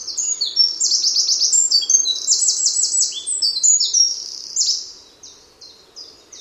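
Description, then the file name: Eurasian wren singing a loud, rapid cascade of high trills and sharp notes for about five seconds, fading into a few spaced chips. "Troglodytes troglodytes"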